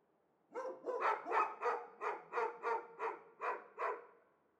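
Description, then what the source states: Dog barking in a fast excited run of about ten sharp barks, evenly spaced. Two or possibly three dogs, apparently confined in cages and unseen, exciting each other at every outside noise; Chamonix-Mont-Blanc, Auvergne-Rhône-Alpes, France; Arveyron river rushing in the distance.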